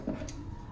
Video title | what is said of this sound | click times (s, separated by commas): Ge8 Honda fit intake manifold swap on my 2011 Honda Crz! Part 1. | You just heard it click in | 0.1 s, 0.3 s